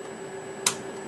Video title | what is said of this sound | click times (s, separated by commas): Learn How To Adjust The Hook On ZSK Machines. | now you have to make sure that the needle bar is on the end position until you hear the click | 0.7 s